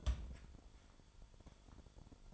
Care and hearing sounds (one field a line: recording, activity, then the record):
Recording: daily activity, microphone in the room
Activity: place on stove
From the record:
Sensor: 5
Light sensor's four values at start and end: 27/59/24/24 and 27/61/25/25